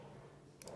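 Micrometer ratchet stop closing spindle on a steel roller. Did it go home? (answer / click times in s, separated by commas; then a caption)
yes / 0.6 s, 0.7 s. A micrometer's ratchet stop turns as the spindle closes on a steel roller, and two sharp ratchet clicks from the thimble are heard at 0.6 s and 0.7 s over a low background hum. The faces meet the roller and the required torque is reached.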